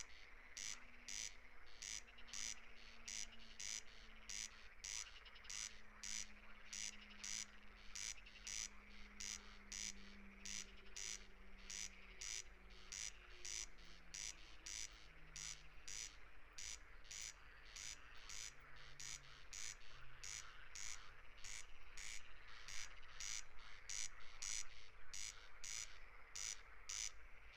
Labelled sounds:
Corn Crake song
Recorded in the wild
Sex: male
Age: adult
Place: Schwedt/Oder, Nationalpark Unteres Odertal, Brandenburg, DE
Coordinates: 53.0443, 14.2917
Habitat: meadow
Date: 2021-06-17 00:23
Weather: 14°C, 80% humidity, almost windless
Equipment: Edirol R44, Microtech Gefell MK 250/MV220
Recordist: Frommolt, Karl-Heinz
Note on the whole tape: Polder B: calibrated recording of a corncrake. Distance 30.48 m estimated using a line array (recording

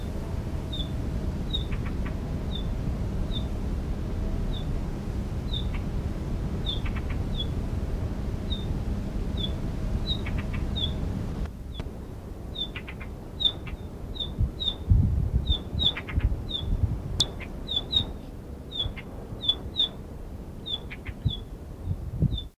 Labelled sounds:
Blue Rock Thrush call
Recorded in the wild
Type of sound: call
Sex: female
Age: adult
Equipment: Halbspur, 9,5 cm/s
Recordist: Lütgens, Hans
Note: Stark beunruhigtes Weibchen in Nestnähe

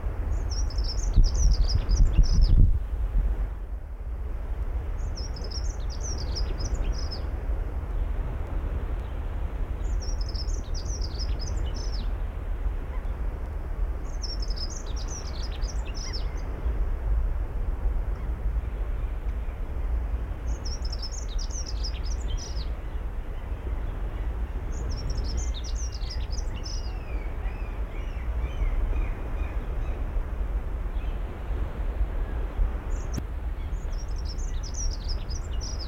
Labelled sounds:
Dunnock
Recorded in the wild
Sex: male
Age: adult
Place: Kühlungsborn, Mecklenburg-Vorpommern, DE
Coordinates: 54.147, 11.742
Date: 1993-03-31
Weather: sonnig, ca. 5 ° C
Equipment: Marantz CP 430, Sennheiser ME 80, Kopie Uher Variocord 263
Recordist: Tembrock, Günter

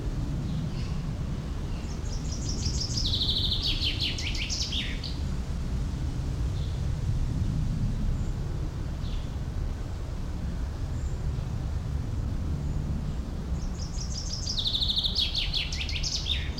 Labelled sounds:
Common Chaffinch
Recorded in the wild
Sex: male
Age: adult
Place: Tierpark Berlin, Berlin, DE
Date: 1994-07-09 13:20
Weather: heiter, 16-20°C, böiger Wind
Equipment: Marantz CP 430, Sennheiser ME 80, Kopie Uher Variocord 263
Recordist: Tembrock, Günter

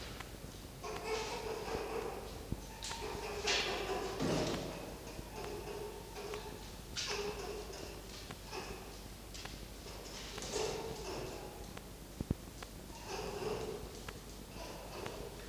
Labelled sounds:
Red Fox
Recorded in captivity
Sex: male
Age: adult
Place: Zoologisches Institut der HUB, Berlin, DE
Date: 1953-03-19 18:45
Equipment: Elmetra
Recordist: Tembrock, Günter

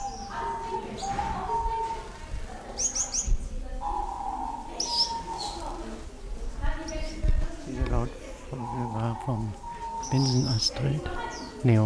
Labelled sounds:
Star Finch call
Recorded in captivity
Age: adult
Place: Zoo Berlin, Berlin, DE
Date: 1999-07-03 11:52
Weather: fair, 25 - 27°C
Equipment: Sony WM-D6C, Sennheiser ME 80, Kopie Uher 4000 Report Monitor
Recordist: Tembrock, Günter

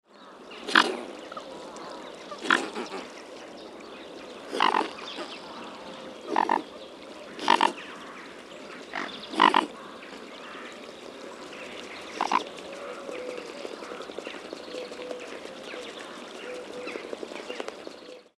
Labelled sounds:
Mute Swan
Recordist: Tembrock, Günter
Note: Kurzlaute und Putzen

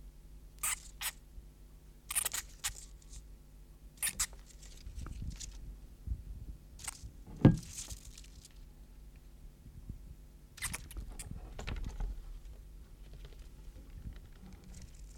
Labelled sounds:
Common Pine Vole distress call
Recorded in captivity
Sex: male
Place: Wohnung, Berlin, DE
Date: 1988-09-17
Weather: Zimmertemperatur
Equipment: Tesla B 115, RFT DM 2415 (Originalband)
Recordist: Frommolt, Karl-Heinz

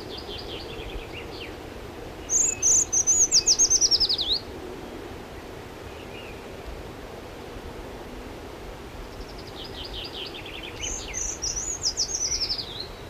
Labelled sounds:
Eurasian Treecreeper
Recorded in the wild
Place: Wegfurt, DE
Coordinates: 50.3958, 10.0869
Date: 1964-04-02
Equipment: Uher Report 4000, AKG D190
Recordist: Krey, Winfried

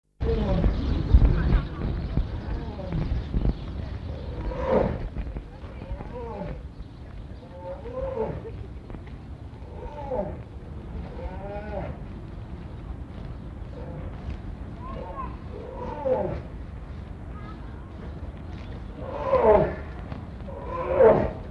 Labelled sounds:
Brown Bear call
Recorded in captivity
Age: adult
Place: Zoo Berlin, Berlin, DE
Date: 1960-10-08 14:00
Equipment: Minifon, Kopie Smaragd
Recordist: Tembrock, Günter

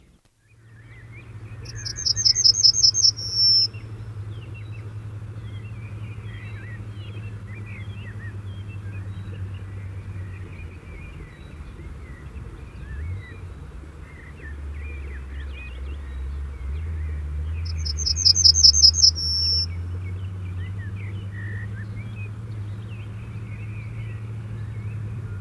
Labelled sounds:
Yellowhammer song
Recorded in the wild
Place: Lakatnik, Sofia, BG
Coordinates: 43.053, 23.409
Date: 1974-05-17 13:15
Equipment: Nagra III BH, Sennheiser MD 21, parabola
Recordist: Schubert, Michael

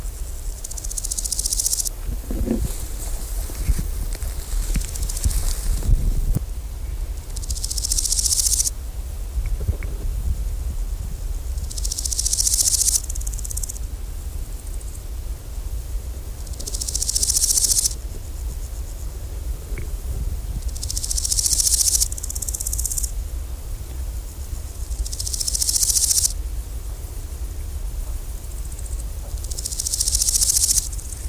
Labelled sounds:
Large Gold Grasshopper stridulation
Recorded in the wild
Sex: male
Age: imago
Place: Liebenthal, Schorfheide, Brandenburg, DE
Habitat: Neben Weg vor dem Waldrand, Hochgras - Krautgürtel
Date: 1999-07-25 15:57
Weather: heiter, 27-29°C
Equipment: Sony WM-D6C, Sennheiser ME 80, Kopie Uher 4000 Report Monitor
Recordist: Tembrock, Günter
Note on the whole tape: Stridulation (Tier nicht gesehen)

